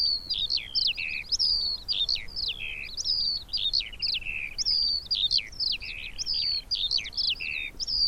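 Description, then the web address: Eurasian skylark song in short, fast bursts of high chirps and down-slurred notes, each burst separated by brief gaps. "Deverinetal"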